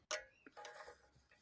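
The locking pin of a steering lock on a VW T5 Transporter is pushed into position, giving a sharp click at 0.1 s and seating it. A few fainter ticks and rattles follow, and someone talks briefly afterward.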